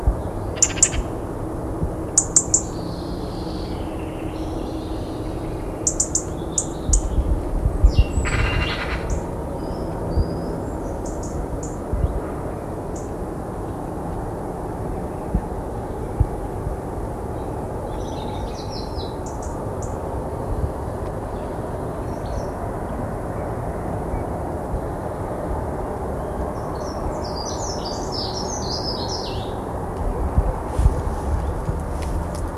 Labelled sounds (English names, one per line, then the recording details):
Dunnock
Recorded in the wild
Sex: male
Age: adult
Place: Malchower Aue, Berlin, DE
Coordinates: 52.5808, 13.4886
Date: 1990-04-06 19:55
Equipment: Riporter 6 RG-K, Halbspur, Sennheiser MKH 416 T
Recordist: Frommolt, Karl-Heinz